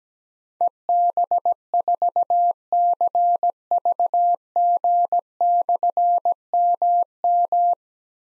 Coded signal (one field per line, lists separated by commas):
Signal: Morse code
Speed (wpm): 17 wpm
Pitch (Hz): 700 Hz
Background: none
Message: EB4CVG/MM